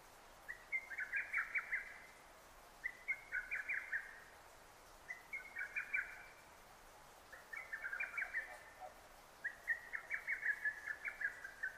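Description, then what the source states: Lesser cuckoo singing loud, rapid phrases of five or six clipped whistled notes, repeated about every two seconds with short quiet gaps between. Recorded 6 June 2009.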